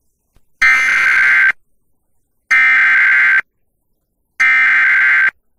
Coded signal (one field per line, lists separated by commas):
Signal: Emergency Alert System (SAME) tones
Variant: header bursts